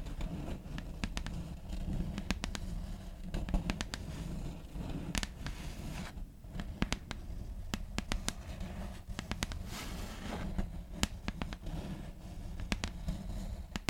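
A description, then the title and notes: Tapping and scratching right against the microphone, layered over a thick low rumble that never lets up. Sharp, bright clicks land irregularly, a few each second, bunching around the middle and near the end, with brief quieter gaps between. NO TALKING. TAPPING, SCRATCHING, LAYERED SOUNDS, MIC SCRATCHING.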